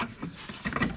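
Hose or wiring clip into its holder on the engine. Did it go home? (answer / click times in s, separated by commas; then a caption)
no / none. During timing chain reassembly on an N47 diesel engine (xDrive, 8-speed automatic), a hose or wiring clip is handled and pushed toward its holder on the engine. Quiet handling noise is broken by short sharp knocks at about 0.7, 0.8 and 0.8 s. Nothing has seated or clicked yet.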